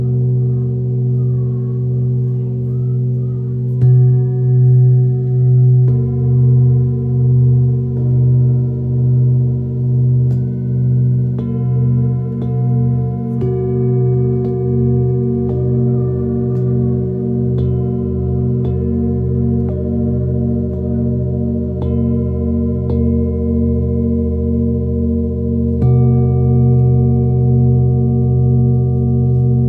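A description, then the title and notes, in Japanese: Singing bowls are struck every few seconds, their low, pulsing hums overlapping and ringing on steadily, with new tones entering near 4, 10, and 26 seconds. 春分 メキシコから シンギングボウルのサウンドヒーリング。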